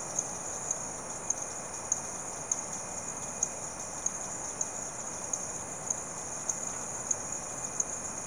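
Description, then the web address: Insects in a chorus: a steady high-pitched shrill drone with repeated sharp clicks over a soft, hissing background. Insects calling in the late evening in rural South America. "The BBC Sound Effects Library. Frogs And Insects, Late Evening"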